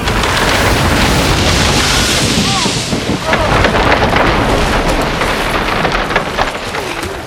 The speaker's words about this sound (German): Das Gewitter dauert fort. Die Blitze zischen entfesselt wie eine Brutschlange.